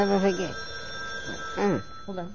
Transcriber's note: a telephone rings